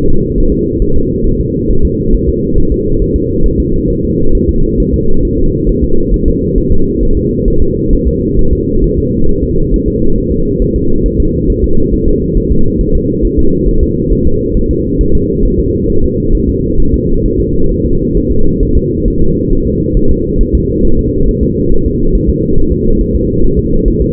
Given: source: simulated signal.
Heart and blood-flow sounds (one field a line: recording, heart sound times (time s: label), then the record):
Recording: fetal heart sounds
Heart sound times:
0.08 s: S2
0.38 s: S1
0.52 s: S2
0.82 s: S1
0.96 s: S2
1.27 s: S1
1.41 s: S2
1.71 s: S1
1.85 s: S2
2.14 s: S1
2.28 s: S2
2.58 s: S1
2.72 s: S2
3.02 s: S1
3.16 s: S2
3.46 s: S1
3.60 s: S2
3.90 s: S1
4.04 s: S2
4.35 s: S1
4.49 s: S2
4.80 s: S1
4.94 s: S2
5.25 s: S1
5.39 s: S2
5.69 s: S1
5.84 s: S2
6.14 s: S1
6.28 s: S2
6.58 s: S1
6.72 s: S2
7.03 s: S1
7.17 s: S2
7.48 s: S1
7.62 s: S2
7.93 s: S1
8.07 s: S2
8.39 s: S1
8.53 s: S2
8.84 s: S1
8.98 s: S2
9.29 s: S1
9.43 s: S2
9.74 s: S1
9.88 s: S2
10.18 s: S1
10.32 s: S2
10.62 s: S1
10.76 s: S2
11.06 s: S1
11.20 s: S2
11.50 s: S1
11.64 s: S2
11.94 s: S1
12.08 s: S2
12.37 s: S1
12.52 s: S2
12.81 s: S1
12.95 s: S2
13.25 s: S1
13.39 s: S2
13.69 s: S1
13.83 s: S2
14.13 s: S1
14.27 s: S2
14.57 s: S1
14.71 s: S2
15.01 s: S1
15.15 s: S2
15.45 s: S1
15.59 s: S2
15.90 s: S1
16.04 s: S2
16.35 s: S1
16.49 s: S2
16.80 s: S1
16.94 s: S2
17.25 s: S1
17.40 s: S2
17.71 s: S1
17.86 s: S2
18.17 s: S1
18.31 s: S2
18.63 s: S1
18.77 s: S2
19.08 s: S1
19.22 s: S2
19.52 s: S1
19.67 s: S2
19.97 s: S1
20.11 s: S2
20.41 s: S1
20.55 s: S2
20.85 s: S1
20.99 s: S2
21.29 s: S1
21.43 s: S2
21.72 s: S1
21.86 s: S2
22.15 s: S1
22.29 s: S2
22.58 s: S1
22.72 s: S2
23.01 s: S1
23.15 s: S2
23.44 s: S1
23.59 s: S2
23.88 s: S1
24.02 s: S2
From the record:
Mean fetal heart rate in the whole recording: 135 bpm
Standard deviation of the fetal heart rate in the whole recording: 3 bpm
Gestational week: 36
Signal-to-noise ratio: -19.1 dB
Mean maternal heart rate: 72 bpm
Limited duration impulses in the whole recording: present